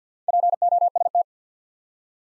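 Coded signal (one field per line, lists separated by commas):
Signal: Morse code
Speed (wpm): 50 wpm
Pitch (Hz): 700 Hz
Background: none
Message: POST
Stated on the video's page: Morse practice set at 50 wpm, building 4-letter words one letter at a time.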